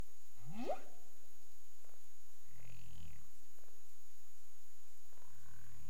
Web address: CARIMAM SAMPLES BERMUDE 20213004 02 h 35 clic